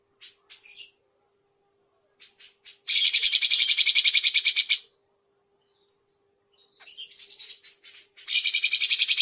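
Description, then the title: Grey-cheeked bulbul: a few separate harsh notes, then two long, very rapid rasping rattles split by a silent pause. Masteran training song, long duration. "Cucak Jenggot Masteran Durasi Panjang"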